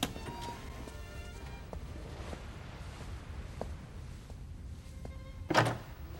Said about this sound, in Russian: Он слышит, как закрывается дверь и идет через гостиную на звук.